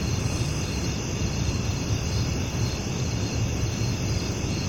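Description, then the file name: Cricket chorus: an even, unbroken high trilling buzz sits above a heavy, steady low-pitched background rumble. Residential daytime country ambience with crickets and grasshoppers together. "Sound Ideas 2000 Series - Residential Daytime Crickets And Grasshoppers, Ambience, Country"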